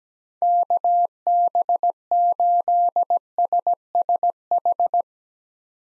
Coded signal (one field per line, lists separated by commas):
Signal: Morse code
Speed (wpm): 17 wpm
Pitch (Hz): 700 Hz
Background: none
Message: KB8SSH